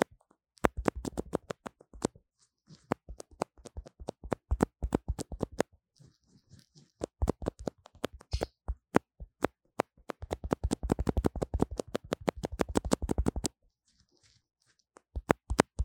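Scratching and tapping on a lo-fi microphone: rapid, sharp clicks and taps come in dense bursts, with brief scraping rubs between them. The busiest runs fall around one to five seconds and ten to thirteen seconds, with short quiet gaps and a few scattered taps at the end.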